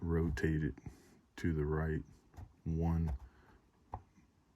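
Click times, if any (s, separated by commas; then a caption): 3.9 s. Someone talks while a drill bit chuck in the alignment port of a Drill Doctor 500X bit sharpener is rotated to the right, to the 135-degree position, because the bit takes a 135-degree cut. A short, sharp click is heard at 3.9 s as the chuck seats into the 135-degree detent.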